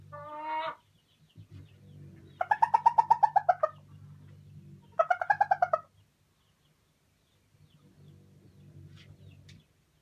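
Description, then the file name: Chicken hen cackling: a brief opening call, then two bursts of rapid pulsed notes with a steady low hum underneath. Araucana hen, calling while laying an egg. "Poule araucana qui pond"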